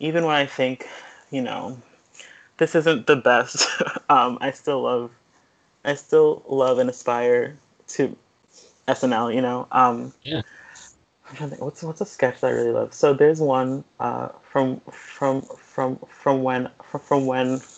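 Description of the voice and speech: An adult woman who has stuttered since age 3 speaks conversationally with frequent long pauses and fillers. She repeats a phrase, then gets stuck on one word, repeating it about six times before moving on. These whole-word repetitions and hesitations are typical of developmental stuttering.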